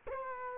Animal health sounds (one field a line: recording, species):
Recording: mosquito wingbeat signal from an infrared sensor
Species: Culex quinquefasciatus